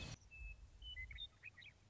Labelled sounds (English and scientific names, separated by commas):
Western Meadowlark (Sturnella neglecta)